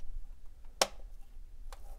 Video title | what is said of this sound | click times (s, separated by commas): Stan Solo Mos Eisley Landspeeder 3 3/4” STAR WARS Toy Vehicle Review | there's a little clicking mechanism that seals this up so she's got to push it down all the way | 0.8 s